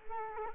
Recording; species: mosquito wingbeat signal from an infrared sensor; Culex quinquefasciatus